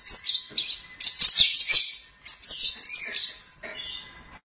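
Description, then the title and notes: Long-tailed Shrike song, a jumble of high squeaky and slurred notes in short phrases, ending in a softer, lower warble. "Pentet 201703. Suara burung pentet"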